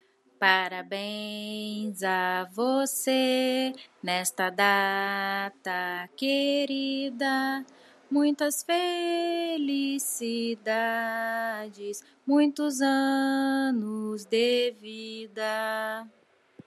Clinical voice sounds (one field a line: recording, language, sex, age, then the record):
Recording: short text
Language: Brazilian Portuguese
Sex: female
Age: 30 to 39 years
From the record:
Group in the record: control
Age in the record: 35 years